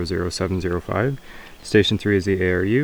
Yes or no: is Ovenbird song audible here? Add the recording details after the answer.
no. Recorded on 20 June 2016 at 12:45. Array SBT-6-76